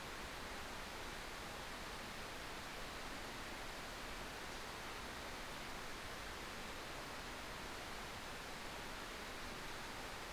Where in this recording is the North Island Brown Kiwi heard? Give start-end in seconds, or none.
none